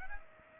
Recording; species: mosquito wingbeat signal from an infrared sensor; Aedes aegypti